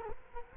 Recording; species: mosquito wingbeat signal from an infrared sensor; Culex quinquefasciatus